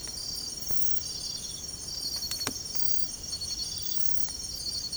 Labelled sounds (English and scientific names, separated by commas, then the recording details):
none
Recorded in secondary vegetation near Puerto Asís, Putumayo, Colombia, on 22 December 2024 at 03:30
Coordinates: 0.468, -76.324
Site G095